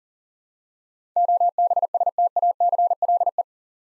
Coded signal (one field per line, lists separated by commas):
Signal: Morse code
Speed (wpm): 40 wpm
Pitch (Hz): 700 Hz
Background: none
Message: OBSTACLE